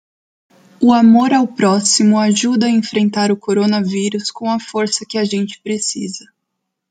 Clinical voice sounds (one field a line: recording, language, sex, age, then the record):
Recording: spoken sentence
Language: Brazilian Portuguese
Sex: female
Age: 30 to 39 years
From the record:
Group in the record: control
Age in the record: 30 years